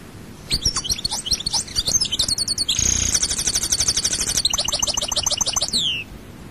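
European goldfinch singing a lively run of high twittering notes into a buzzy rapid trill, then a rhythmic rattle closing with a downward slur.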